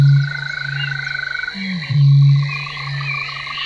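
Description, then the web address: Eurasian bittern booming: deep, hollow booms repeated back to back, one preceded by a short gulping note, over a steady high hum. "Kurs materiały Przyroda Ptaki BĄK"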